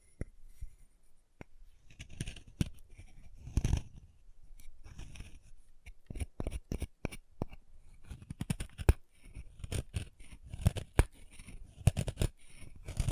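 Chalk being carved and cut, with sharp, irregular clicks and snaps scattered throughout, some arriving in quick bursts around the middle and end. Between them come low scraping and rubbing sounds and gritty scratches, with brief near-silences in the gaps.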